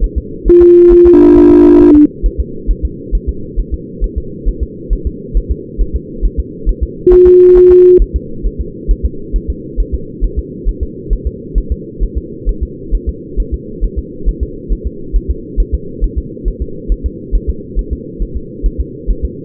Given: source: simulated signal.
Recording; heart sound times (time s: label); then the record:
fetal heart sounds
0.04 s: S1
0.18 s: S2
0.48 s: S1
0.62 s: S2
0.92 s: S1
1.07 s: S2
1.37 s: S1
1.51 s: S2
1.81 s: S1
1.96 s: S2
2.26 s: S1
2.40 s: S2
2.71 s: S1
2.85 s: S2
3.15 s: S1
3.29 s: S2
3.60 s: S1
3.74 s: S2
4.04 s: S1
4.18 s: S2
4.48 s: S1
4.63 s: S2
4.93 s: S1
5.07 s: S2
5.37 s: S1
5.51 s: S2
5.81 s: S1
5.96 s: S2
6.25 s: S1
6.40 s: S2
6.69 s: S1
6.83 s: S2
7.13 s: S1
7.27 s: S2
7.57 s: S1
7.71 s: S2
8.02 s: S1
8.16 s: S2
8.46 s: S1
8.61 s: S2
8.91 s: S1
9.05 s: S2
9.36 s: S1
9.50 s: S2
9.80 s: S1
9.95 s: S2
10.24 s: S1
10.39 s: S2
10.69 s: S1
10.83 s: S2
11.13 s: S1
11.27 s: S2
11.58 s: S1
11.72 s: S2
12.03 s: S1
12.18 s: S2
12.49 s: S1
12.63 s: S2
12.95 s: S1
13.09 s: S2
13.40 s: S1
13.54 s: S2
13.84 s: S1
13.99 s: S2
14.29 s: S1
14.43 s: S2
14.72 s: S1
14.87 s: S2
15.16 s: S1
15.30 s: S2
15.60 s: S1
15.74 s: S2
16.04 s: S1
16.18 s: S2
16.48 s: S1
16.62 s: S2
16.92 s: S1
17.06 s: S2
17.35 s: S1
17.50 s: S2
17.79 s: S1
17.93 s: S2
18.22 s: S1
18.37 s: S2
18.66 s: S1
18.80 s: S2
19.10 s: S1
19.25 s: S2
From the record:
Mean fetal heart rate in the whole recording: 135 bpm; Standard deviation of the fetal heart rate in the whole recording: 3 bpm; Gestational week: 36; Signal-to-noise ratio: -4.3 dB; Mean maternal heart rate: 72 bpm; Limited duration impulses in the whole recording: present